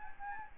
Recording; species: mosquito wingbeat signal from an infrared sensor; Anopheles gambiae